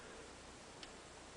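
A spring-loaded part on a Shimano 4010 Baitrunner spinning reel is gently pulled up until it locates into its collar on the reel body. Against a steady background hiss, a single faint, short tick at 0.8 s marks it seating in place.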